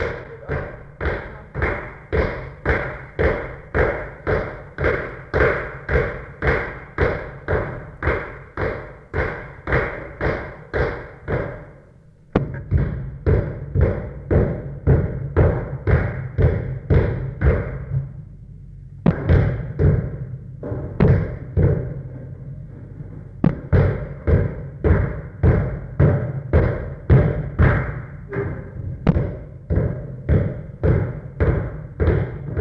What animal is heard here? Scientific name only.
Pan troglodytes